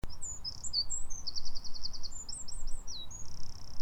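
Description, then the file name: Eurasian wren song, a rapid run of high thin notes, trills and chirps jumbled together, with a low steady rumble beneath. "Troglodytes troglodytes"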